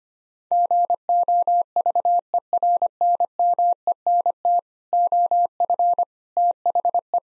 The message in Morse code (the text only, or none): GOVERNMENT OF THE